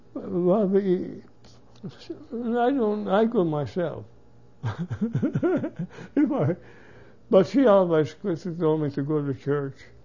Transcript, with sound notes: Well, we, I go, I go myself. (he laughs) But she always tell me to go to church.